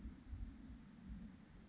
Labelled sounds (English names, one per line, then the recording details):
Anna's Hummingbird
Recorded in Sonoma County, California